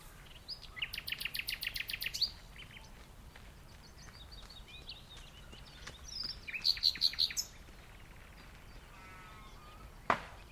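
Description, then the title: Common nightingale singing: a fast run of loud repeated chopping notes, a pause, then another rattling burst and a short low trill, over a soft background hiss. Recorded in the dunes of The Hague on a morning walk during lockdown, 12 May 2021, with people walking, running, talking and cycling past. "Nightingale and joggers in the dunes (The Hague, May 12th 2021)"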